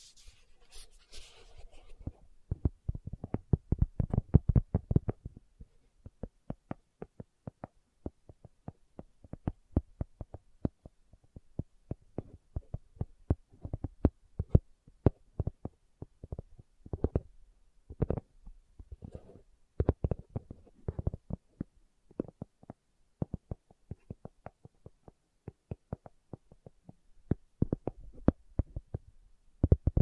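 Slow ASMR tapping with sharp, dry knocks in uneven clusters, some sparse and some quick bursts, with near silence between taps.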